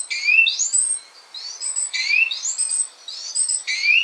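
Great tit calls: bright upswept chirps repeated in close groups, the notes often stacked and overlapping, with brief quiet breaks between bursts.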